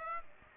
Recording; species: mosquito wingbeat signal from an infrared sensor; Aedes aegypti